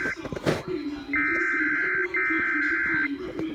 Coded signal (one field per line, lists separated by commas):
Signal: Emergency Alert System (SAME) tones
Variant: header bursts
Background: speech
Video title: Required Weekly Test EAS #24